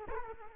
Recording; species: mosquito wingbeat signal from an infrared sensor; Culex quinquefasciatus